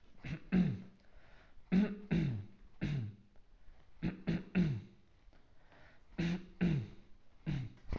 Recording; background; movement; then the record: throat clearing; quiet; sitting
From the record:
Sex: male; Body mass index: 20.5 kg/m2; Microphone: on the chest, facing outward